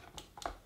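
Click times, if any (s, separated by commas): 0.2 s, 0.5 s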